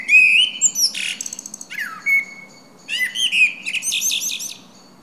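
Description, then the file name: Common blackbird sings a busy run of phrases: rich whistled warbles mixed with rapid chattering and squeaky high twitters, heard almost continuously. "Turdus merula"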